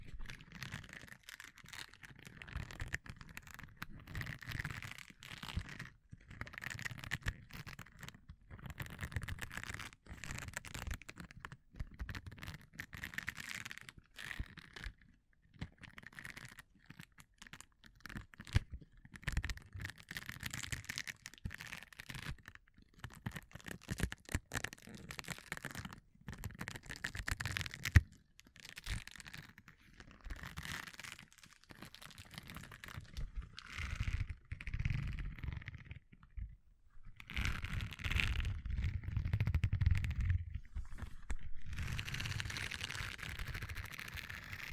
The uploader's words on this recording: ASMR 1 HOUR of Gloves Sounds for People who want tingles (No Talking).